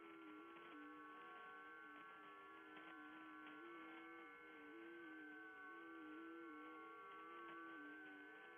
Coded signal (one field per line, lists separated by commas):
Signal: FT8